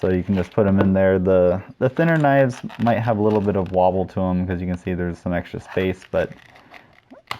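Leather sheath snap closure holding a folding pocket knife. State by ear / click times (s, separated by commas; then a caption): seated / 7.3 s. Someone talks while a folding carving knife is put into its leather sheath, with faint crinkling and small clicks near the end. The sheath's snap closure is pressed shut and clicks closed at 7.3 s, seating the folding pocket knife so it stays put.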